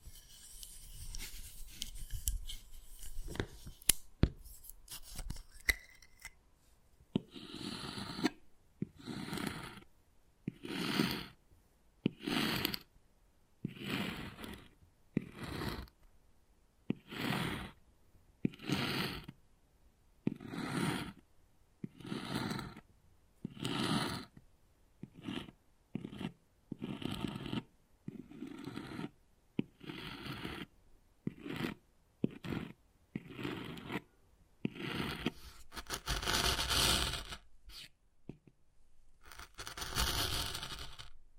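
Wood carving with repeated scraping strokes, each lasting about a second, in a steady rhythm from around seven seconds to the end. The opening seconds hold quieter scratching and a few sharp taps. The strokes are gritty and bright, the last ones longer and denser.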